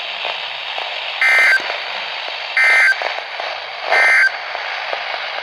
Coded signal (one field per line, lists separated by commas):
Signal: Emergency Alert System (SAME) tones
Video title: Severe Thunderstorms, 2 DUST STORMS (RARE...) And 2 Flash Flood Warnings (EAS 146-153) 5/7/23